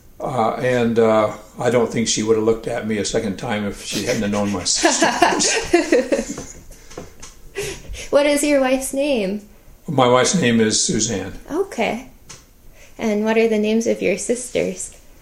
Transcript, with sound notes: and I don't think she would've looked at me a second time if she hadn't known my sisters.
[laughter] What is your wife's name?
My wife's name is Suzanne.
And what are the names of your sisters?